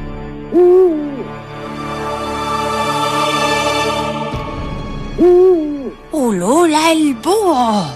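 A barn owl calls four times, each cry a loud, wavering, pitch-bending hoot, the last two coming in quick succession over a steady, humming background drone.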